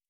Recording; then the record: hydrophone in a shrimp aquaculture tank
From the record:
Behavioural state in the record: starved